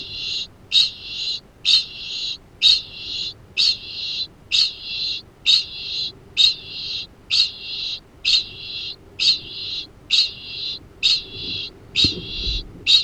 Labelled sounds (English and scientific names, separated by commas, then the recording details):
Kākāpō (Strigops habroptilus) ching call
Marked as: faintness 2/5
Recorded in New Zealand
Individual Arab